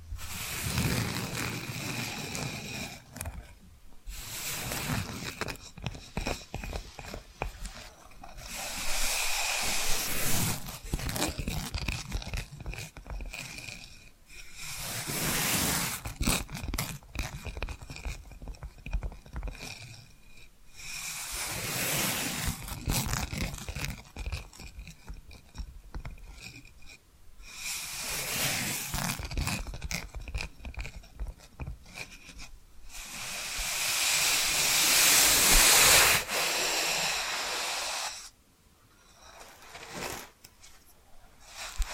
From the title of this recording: Hypnotic Tapping & Scratching Sounds